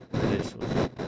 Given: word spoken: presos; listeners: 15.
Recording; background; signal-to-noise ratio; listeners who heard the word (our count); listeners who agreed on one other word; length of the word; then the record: one Spanish word in noise, from a listening test; noise modulated by one talker; -8.1 dB; 0 of 15; 12 of 15; 0.68 s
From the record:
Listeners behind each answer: 12, 1, 1, 1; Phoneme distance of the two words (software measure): 17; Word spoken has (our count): 2 syllables, 6 phonemes, stress on syllable 1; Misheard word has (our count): 2 syllables, 5 phonemes, stress on syllable 1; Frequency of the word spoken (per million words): 34.42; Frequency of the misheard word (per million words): 10.50